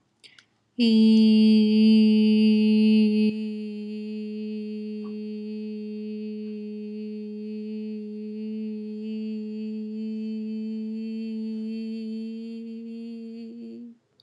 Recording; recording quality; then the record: sustained vowel as in beet; excellent, no background noise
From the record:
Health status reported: healthy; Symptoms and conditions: none ticked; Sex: female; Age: 26 years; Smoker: not ticked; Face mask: worn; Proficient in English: yes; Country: India